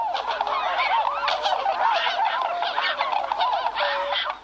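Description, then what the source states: Bewick's swans calling, many soft bugling and yelping notes overlapping in an unbroken, busy chorus throughout. Recorded on Valentine's Day 1966 at the Wildfowl and Wetlands Trust Centre, Slimbridge, England; the birds return there yearly in life-mated pairs from far-north nesting grounds.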